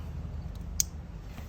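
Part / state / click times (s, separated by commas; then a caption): wiring harness plug into motorcycle fuel pump connector / seated / 0.8 s. A wiring harness plug, aligned clip-to-slot since it fits only one way, is pushed into the fuel pump connector during a Quantum fuel pump replacement on a Suzuki GSX-R motorcycle. A single short, sharp click rings out at 0.8 s over a steady low hum, and the plug is seated.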